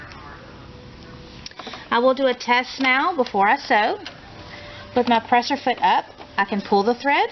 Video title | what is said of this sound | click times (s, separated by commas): Shreveport Sewing Center - Part One Baby Lock, Ellure Plus 135+140 | I will lower my lever all the way down until it snaps tooth right into place | 1.5 s